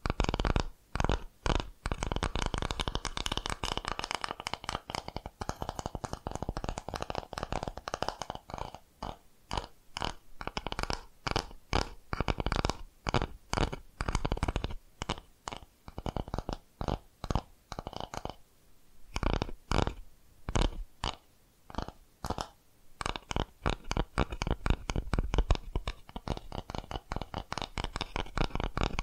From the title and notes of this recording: ASMR Tapping Different Areas of Your Brain 3D Panning Triggers (No Talking).